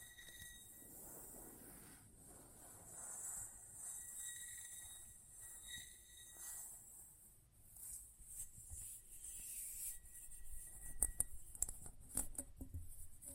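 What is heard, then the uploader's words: Close-up metallic sounds: light scraping and rubbing, with a faint high ringing tone that comes and goes early on. Near the end, from about eleven seconds, sharp clicks and snips cluster more densely and loudly. ASMR Close Up Metallic Sounds (No Talking).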